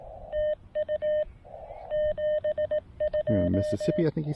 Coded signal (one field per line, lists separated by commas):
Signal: Morse code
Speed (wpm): 18 wpm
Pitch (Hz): 610 Hz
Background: speech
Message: TU 72